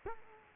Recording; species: mosquito wingbeat signal from an infrared sensor; Culex quinquefasciatus